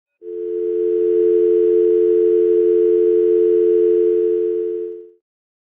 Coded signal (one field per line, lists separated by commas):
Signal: telephone call progress tone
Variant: North America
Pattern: dial tone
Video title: PHONE DIAL TONE